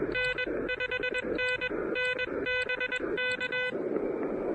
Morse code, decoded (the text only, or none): N 5NN BK